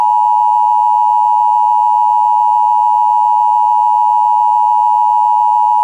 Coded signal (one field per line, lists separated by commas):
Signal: Emergency Alert System (SAME) tones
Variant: 853 and 960 Hz attention tone